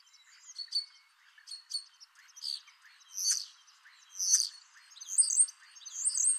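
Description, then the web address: Common starling song: separate wheezy notes and clicks, building into loud warbled high phrases, roughly one every second. "Deverinetal 2025. Bird Only"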